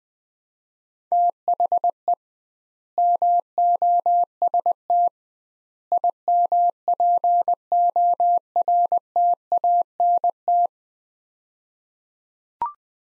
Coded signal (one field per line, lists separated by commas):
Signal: Morse code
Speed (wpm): 20 wpm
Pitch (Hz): 700 Hz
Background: none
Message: THE MOST IMPORTANT